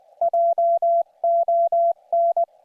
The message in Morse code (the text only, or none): JON